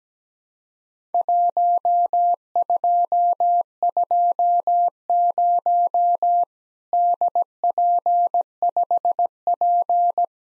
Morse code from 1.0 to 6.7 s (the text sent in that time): 1220